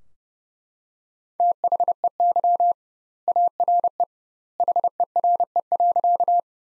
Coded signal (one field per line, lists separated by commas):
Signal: Morse code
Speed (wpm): 30 wpm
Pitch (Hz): 700 Hz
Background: none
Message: THEY ARE HERE.